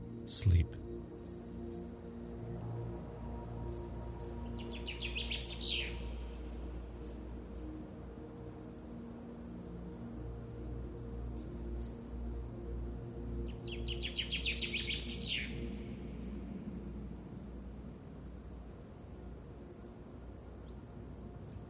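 Outdoors on a spring day, birds sing in bright bursts near 4 and 15 seconds over a steady low wind rumble and faint hum.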